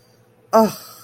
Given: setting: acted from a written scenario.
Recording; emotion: vocal sound without words; sympathy